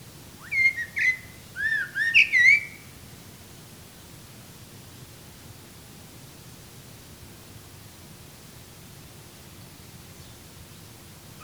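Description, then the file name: Eurasian blackbird song: one short warbled phrase of mellow whistles with thin twittering notes at its end, followed by a long quiet stretch with faint background hiss. "Turdus merula"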